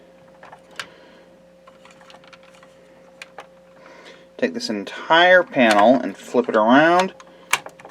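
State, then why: Seated. While a large plastic Generations Titan Class Metroplex robot toy is being transformed, an entire panel is flipped around, with faint handling clicks through the first few seconds. Someone talks from about 4.4 to 7.1 seconds, then a sharp click at 7.5 seconds marks the plastic panel locking into place in the toy's body, followed by a few softer ticks.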